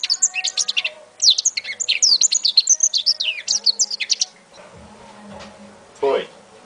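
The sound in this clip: African citril song: rapid high twittering phrases of sharp chirps and trills for about four seconds, then quiet.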